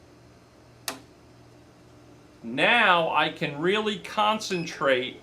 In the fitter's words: and I will actually pull this down until I hear it click or lock in place.